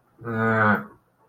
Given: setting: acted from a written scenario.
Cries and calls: vocal sound without words; guilt

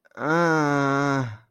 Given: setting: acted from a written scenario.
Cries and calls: vocal sound without words; confusion

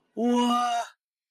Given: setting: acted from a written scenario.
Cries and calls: vocal sound without words; awe

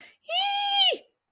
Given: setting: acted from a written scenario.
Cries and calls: vocal sound without words; elation

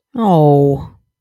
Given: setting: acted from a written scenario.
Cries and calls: vocal sound without words; disappointment

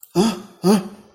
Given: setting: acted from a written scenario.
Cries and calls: vocal sound without words; fear

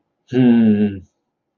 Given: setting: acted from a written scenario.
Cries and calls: vocal sound without words; pride

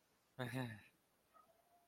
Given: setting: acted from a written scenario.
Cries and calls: vocal sound without words; embarrassment

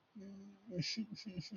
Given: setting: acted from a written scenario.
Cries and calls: vocal sound without words; sadness

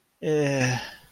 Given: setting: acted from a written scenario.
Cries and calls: vocal sound without words; guilt

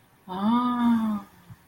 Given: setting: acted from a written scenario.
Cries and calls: vocal sound without words; realization

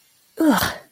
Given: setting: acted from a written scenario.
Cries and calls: vocal sound without words; disgust

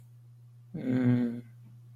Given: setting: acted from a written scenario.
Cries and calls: vocal sound without words; guilt

